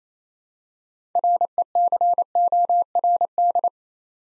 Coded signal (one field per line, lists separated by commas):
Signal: Morse code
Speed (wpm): 28 wpm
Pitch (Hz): 700 Hz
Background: none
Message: RECORD